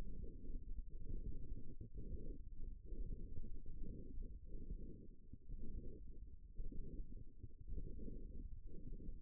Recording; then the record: forearm muscle sounds (acoustic myography)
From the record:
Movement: hook grip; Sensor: system 1, eight BSWA MPA416 microphones around the upper forearm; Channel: 7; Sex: female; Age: 21 years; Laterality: right